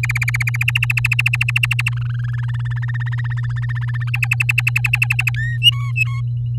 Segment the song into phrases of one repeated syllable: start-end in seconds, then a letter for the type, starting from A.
0.00-0.64 A, 0.68-1.89 B, 1.92-2.40 C, 2.43-4.10 D, 4.13-5.31 E, 5.34-5.57 F, 5.62-6.21 G